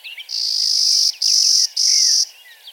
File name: Spizella pallida - Clay-colored Sparrow